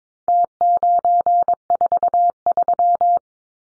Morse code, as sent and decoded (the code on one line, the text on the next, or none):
- ----. ....- ...--
T943